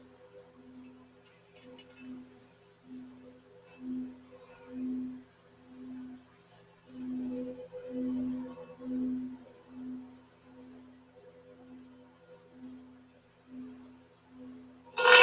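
A singing bowl rings with a low, sustained tone that throbs in a steady, regular pulse about once a second, with a fainter higher ring above it. The pulsing swells louder midway, then eases back, and a sudden bright knock cuts in at the very end.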